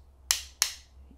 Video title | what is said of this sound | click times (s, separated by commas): Best way to Crimp PV MC4 Interconnection Cables | it clicking that's how you know it's tight enough now | 0.3 s, 0.6 s